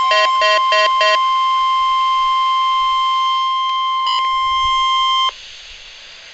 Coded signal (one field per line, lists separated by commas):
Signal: Emergency Alert System (SAME) tones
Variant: 1050 Hz attention tone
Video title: NOAA - RWTs (EAS #1,484 - 1,485)